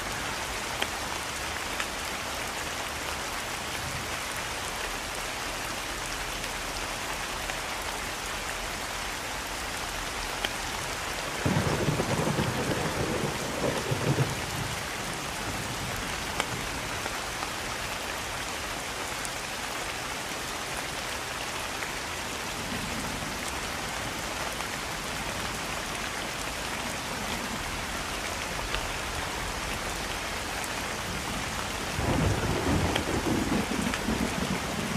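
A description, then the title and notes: Rain falls steadily through trees at night, a dense, even hiss of drops that never lets up. Thunder rolls in as deep, swelling rumbles, one around eleven seconds lasting several seconds and another near the end, with faint low murmurs between. Rain and thunder sounds in the foggy forest at night. Rain falling through trees and thunderstorm sounds.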